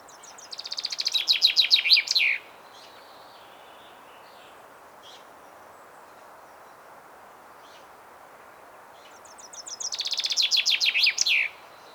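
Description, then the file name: Common chaffinch song: two bright trills ending in a flourish, about nine seconds apart, with a few faint soft notes between. "Fringilla coelebs"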